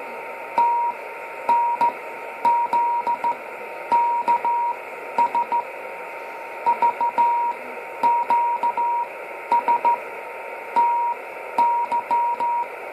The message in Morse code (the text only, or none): T N Z KS VQS TY